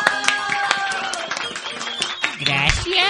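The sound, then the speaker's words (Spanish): A studio audience of the programme Jóvenes Pa'lante breaks into applause to welcome a guest, scattered claps running steadily for a few seconds beneath loud cheering voices and tonal sounds that sit over the clapping throughout. “Vamos a pedir acá a nuestros amigos que nos están acompañando en el estudio que por favor los recibamos con fuertes aplausos.”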